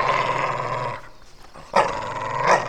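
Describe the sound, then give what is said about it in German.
A dog named Paul growls and barks in two loud, rough bursts, the first about a second long, then a brief pause before a second rising outburst. No one speaks. “Hast du etwa wieder die Katze gesehen? Ich glaube, ihm ist unser Thema zu vegetarisch. Er unterhält sich lieber über einen saftigen Knochen.”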